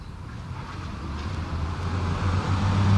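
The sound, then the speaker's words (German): A car's engine rumbles low and steady, swelling gradually louder over a few seconds as the car comes from the left, drives past a house and stops, with no voices present. “Der Wagen kam diesmal von links, fuhr am Haus vorbei und hielt.”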